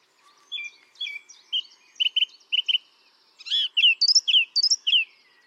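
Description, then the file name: Song thrush song: short whistled notes, some given in pairs, then a burst of varied sharp phrases, several of them repeated. "singdrossel"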